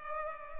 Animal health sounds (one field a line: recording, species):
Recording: mosquito wingbeat signal from an infrared sensor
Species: Culex pipiens